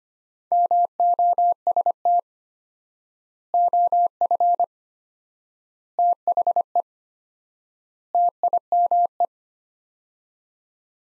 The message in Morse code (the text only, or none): MOST OF THE TIME